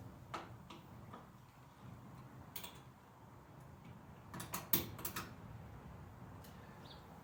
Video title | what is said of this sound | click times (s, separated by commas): The Bug: Dead tail light. How difficult could it be? | that was incredibly easy I there's a little round disc with a couple of tabs that stick out I kind of grabbed it in the middle and pulled it forward and I heard it click into place | 4.7 s